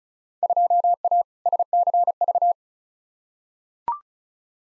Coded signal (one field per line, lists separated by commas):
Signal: Morse code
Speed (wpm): 36 wpm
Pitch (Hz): 700 Hz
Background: none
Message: 2A SCV